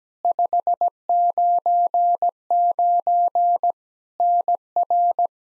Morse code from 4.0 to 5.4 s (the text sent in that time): NR